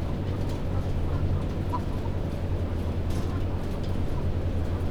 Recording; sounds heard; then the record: poultry house recording; healthy chickens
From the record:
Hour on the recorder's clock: 21